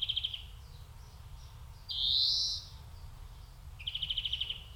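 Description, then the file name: European greenfinch giving a fast rattling trill, then a long buzzy nasal wheeze, then another quick trill. "Chloris chloris"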